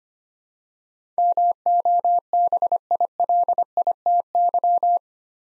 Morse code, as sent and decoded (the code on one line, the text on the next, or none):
-- --- -... .. .-.. .. - -.--
MOBILITY